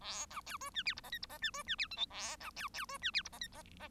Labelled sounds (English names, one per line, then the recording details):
Bengalese Finch song
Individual Bird1